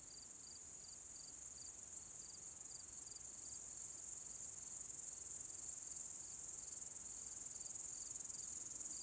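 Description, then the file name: Cricket chirps: short, high pulses repeated several times a second in a steady rhythm, over a continuous shrill high-pitched insect hum. "Grillen"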